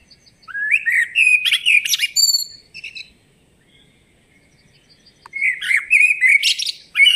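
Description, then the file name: Eurasian blackbird singing a rich, rising fluted phrase that breaks into shrill scratchy twitters, then a pause of roughly two seconds before a second warbling phrase begins. "Turdus merula"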